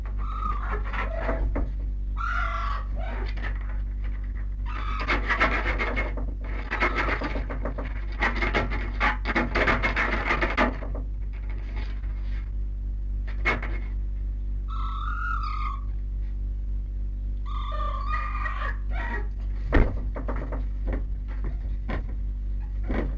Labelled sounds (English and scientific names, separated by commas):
Red Fox (Vulpes vulpes)